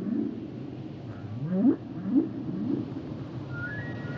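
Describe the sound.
Whale song: three rising upsweeps in quick succession, then a short high level whistle at the end, over low background noise.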